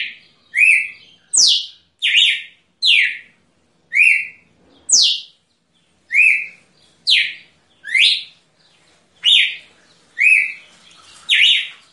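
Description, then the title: Red-cowled cardinal delivering clean, loud whistled notes alternating flat and steeply descending shapes, against a quiet background. Female; singing in nature. "Canto Galo Campina Fêmea. Galo de Campina Cantando na Natureza ( Canto de Pássaros )"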